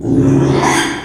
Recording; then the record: squeal of a Yucatan mini pig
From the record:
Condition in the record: after surgery on the right vocal fold (resection and tissue-engineered implant); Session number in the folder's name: 3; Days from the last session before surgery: 33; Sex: male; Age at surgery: 12 weeks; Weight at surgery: 13 kg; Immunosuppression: cyclosporine, prednisolone